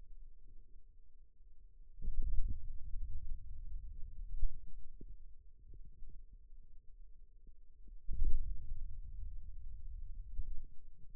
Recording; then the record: forearm muscle sounds (acoustic myography)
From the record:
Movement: ulnar deviation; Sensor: system 2, bracelet of six BSWA MPA416 microphones around the upper forearm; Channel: 5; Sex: male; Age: 22 years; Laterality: right